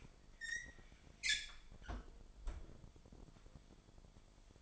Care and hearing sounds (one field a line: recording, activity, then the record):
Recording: daily activity, microphone in the room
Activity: close fridge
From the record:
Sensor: 5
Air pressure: 1002.1 hPa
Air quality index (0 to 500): 223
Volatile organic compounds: 27 ppm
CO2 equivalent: 2899 ppm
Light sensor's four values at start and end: 10/24/10/11 and 9/22/9/10